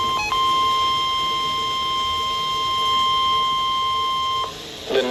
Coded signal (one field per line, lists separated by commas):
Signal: Emergency Alert System (SAME) tones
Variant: 1050 Hz attention tone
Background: music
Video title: EAS #74 Severe Thunderstorm Warning On NWR